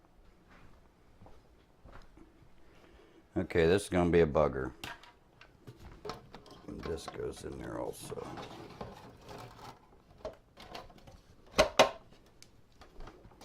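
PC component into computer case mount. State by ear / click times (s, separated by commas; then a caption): seated / 11.8 s. A PC component is pushed into its mount inside a computer case during a custom PC build, and it clicks into place at 11.8 s. Someone talks, and there is handling and rustling before the sharp click, which follows a smaller knock at 11.6 s. The component is seated.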